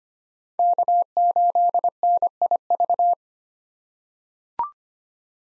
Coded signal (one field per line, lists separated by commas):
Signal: Morse code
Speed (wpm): 25 wpm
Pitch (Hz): 700 Hz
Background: none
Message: K8NIV